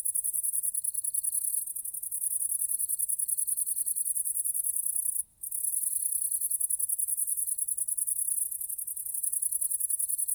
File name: la grande verte